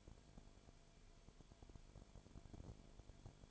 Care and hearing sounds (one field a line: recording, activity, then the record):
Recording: daily activity, microphone in the room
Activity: no activity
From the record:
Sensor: 5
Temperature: 19.9 degrees Celsius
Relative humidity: 35.6%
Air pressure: 1003.4 hPa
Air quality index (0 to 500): 56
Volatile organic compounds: 1 ppm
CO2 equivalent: 634 ppm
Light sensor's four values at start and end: 2/3/1/1 and 2/3/1/1